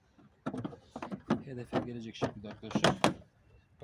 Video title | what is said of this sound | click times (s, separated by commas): LAMBA İÇİNE SU MU ALIYOR !! | Bakın şu tık sesini duyduk bak | 0.5 s